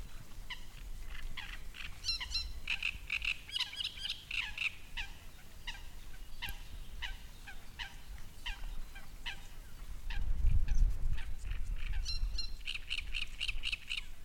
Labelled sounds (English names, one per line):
Great Reed Warbler